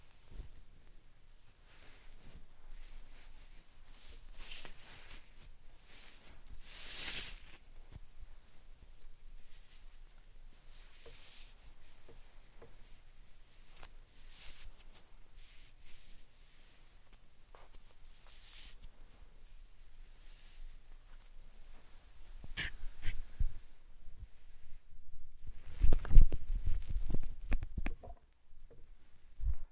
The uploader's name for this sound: Satisfying Slime Sand Triggers